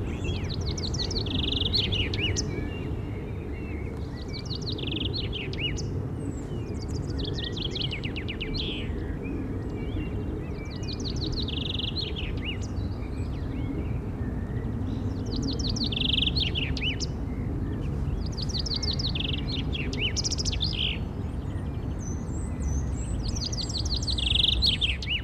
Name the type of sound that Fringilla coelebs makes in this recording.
song